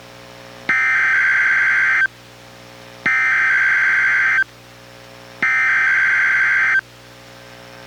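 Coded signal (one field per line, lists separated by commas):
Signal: Emergency Alert System (SAME) tones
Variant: header bursts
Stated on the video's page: Required weekly test issued by NWS and relayed by a NOAA Weather Radio station, received on a weather radio.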